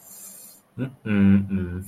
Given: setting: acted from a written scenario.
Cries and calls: vocal sound without words; disappointment

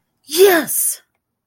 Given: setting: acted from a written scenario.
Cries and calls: vocal sound without words; triumph

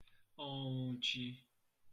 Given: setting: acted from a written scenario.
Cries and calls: vocal sound without words; adoration

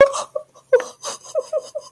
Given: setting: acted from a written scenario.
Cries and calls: vocal sound without words; sadness

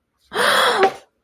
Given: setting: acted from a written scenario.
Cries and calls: vocal sound without words; fear

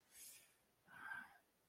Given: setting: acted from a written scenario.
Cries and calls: vocal sound without words; desire

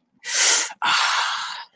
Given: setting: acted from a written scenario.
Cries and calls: vocal sound without words; pain

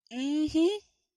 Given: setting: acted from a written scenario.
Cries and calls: vocal sound without words; pride

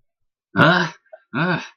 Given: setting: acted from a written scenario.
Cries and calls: vocal sound without words; distress

